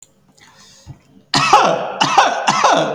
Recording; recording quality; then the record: heavy voluntary cough; poor, much background noise or distortion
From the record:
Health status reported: healthy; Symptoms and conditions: cold, fatigue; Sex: male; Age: 30 years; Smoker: no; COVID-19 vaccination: both doses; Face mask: worn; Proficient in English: yes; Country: India